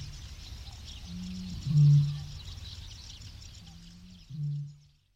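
Bittern giving two deep, resonant booms, each led in by a soft gulping intake, with faint high bird chatter in the background.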